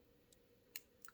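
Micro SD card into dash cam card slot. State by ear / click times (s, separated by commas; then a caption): seated / 0.8 s. A micro SD card is pushed into the card slot of an iZEEKER front-and-inside dual 1080P dash cam until it latches. A faint tick at 0.3 s comes first, then a sharp, bright click at 0.8 s as the card seats, followed by two small clicks around 1.0–1.1 s. The card is seated in the slot.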